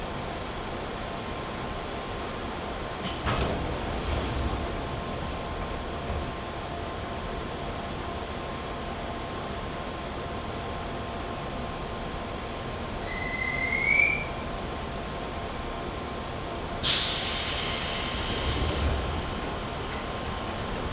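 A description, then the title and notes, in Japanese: A train on the Chuo West Line, Jukkane to Kiso-Fukushima, rolls along with a steady low rumble and a faint constant whine. A thump comes near three seconds, a short rising squeal around fourteen seconds, and a harsh hissing burst from seventeen to nineteen seconds. 中央西線 十二兼→木曽福島。十二兼駅を過ぎると単線区間が出てきます。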